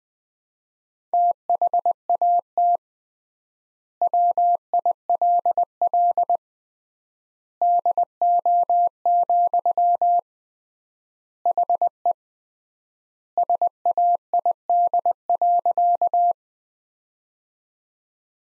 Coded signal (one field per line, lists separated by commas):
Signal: Morse code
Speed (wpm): 20 wpm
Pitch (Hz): 700 Hz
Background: none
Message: THAT WILL DO, HE SAID.